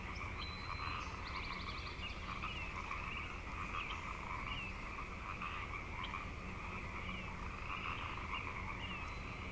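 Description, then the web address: Dense frog chorus, steady overlapping croaks, with a brief rapid series of high notes early on. Frog chorus at Grafton Lake, recorded 3 May 2009. "The Frog Chorus Tunes Up On Grafton Lake frogs 090503"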